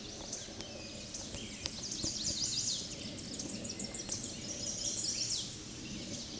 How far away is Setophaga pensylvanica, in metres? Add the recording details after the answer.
about 5 m. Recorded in a Pennsylvania forest on 16 May 2024 at 09:47. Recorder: AudioMoth, point MSD-2074. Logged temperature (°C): 16.3 °C. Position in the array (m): 168 m, 206 m